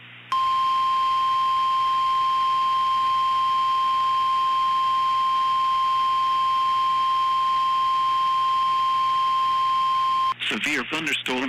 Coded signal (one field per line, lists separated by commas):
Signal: Emergency Alert System (SAME) tones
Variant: 1050 Hz attention tone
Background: speech